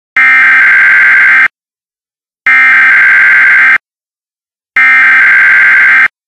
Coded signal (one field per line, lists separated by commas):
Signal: Emergency Alert System (SAME) tones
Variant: header bursts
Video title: Emergency Alert System Tornado Mock-Up